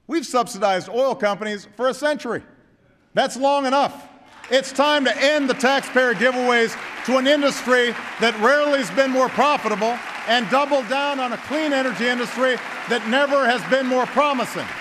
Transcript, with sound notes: We’ve subsidized oil companies for a century. That’s long enough. (Applause.) It’s time to end the taxpayer giveaways to an industry that rarely has been more profitable, and double-down on a clean energy industry that never has been more promising.